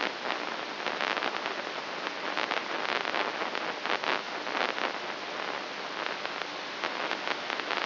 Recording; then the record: brain microelectrode recording played as sound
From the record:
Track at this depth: inside the subthalamic nucleus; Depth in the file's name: 3.62 mm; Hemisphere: left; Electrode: 3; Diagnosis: Parkinson's disease